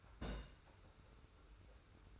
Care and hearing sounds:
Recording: daily activity, microphone in the room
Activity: place on stove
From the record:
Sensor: 2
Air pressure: 991.0 hPa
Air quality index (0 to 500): 110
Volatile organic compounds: 50 ppm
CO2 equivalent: 3299 ppm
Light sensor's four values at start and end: 34/102/40/38 and 34/102/40/38

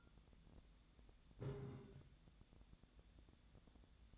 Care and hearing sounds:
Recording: daily activity, microphone in the room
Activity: take from stove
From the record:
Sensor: 3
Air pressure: 1010.0 hPa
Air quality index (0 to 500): 186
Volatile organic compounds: 13 ppm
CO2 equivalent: 2416 ppm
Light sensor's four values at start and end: 42/106/45/49 and 42/105/45/49

